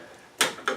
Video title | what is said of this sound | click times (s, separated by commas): 05 cobalt pt. 2 | They'll actually snap, you'll hear them. They'll make a snapping sound when you get to the top. | 0.4 s, 0.7 s